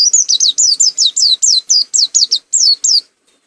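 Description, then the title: White-eye song: a rapid run of high, sharply down-slurred whistled notes, ending abruptly after about three seconds. Endemic to East Java, recorded in Malang; referred to by its local name pleci, with a singing style called macok. "Burung Pleci Macok Endemik Jatim Malang"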